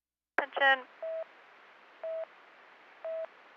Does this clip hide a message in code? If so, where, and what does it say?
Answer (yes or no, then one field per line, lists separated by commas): no